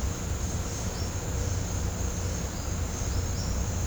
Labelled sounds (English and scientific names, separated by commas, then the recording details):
none
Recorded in pastures near Puerto Asís, Putumayo, Colombia, on 18 December 2024 at 09:00
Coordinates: 0.502, -76.324
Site G077